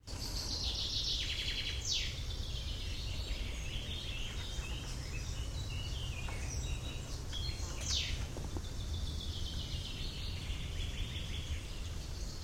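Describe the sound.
Bird song: high bursts of chirps and trills with a few sweeping notes, over a constant low rumble.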